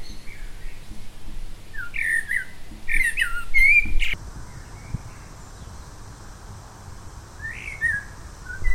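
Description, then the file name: Common blackbird song: low fluty whistled phrases ending in high squeaky twitters, then a pause of several seconds and one more whistled phrase near the end, over low background rumble. "Turdus merula"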